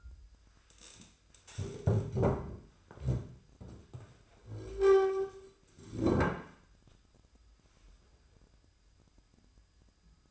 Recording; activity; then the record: daily activity, microphone in the room; stand up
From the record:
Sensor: 2